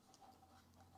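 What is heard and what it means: A plastic wiring harness connector is handled against its mating plug inside the upright of a NordicTrack 2450 treadmill during assembly. There is a low steady hum with soft scratchy handling noise and a brief scrape at 0.1 s. Nothing has seated or clicked yet.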